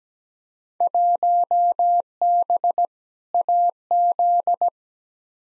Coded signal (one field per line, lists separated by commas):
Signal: Morse code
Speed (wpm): 17 wpm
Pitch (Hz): 700 Hz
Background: none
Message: 1B AZ